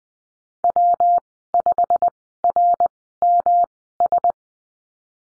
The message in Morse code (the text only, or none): W5RMS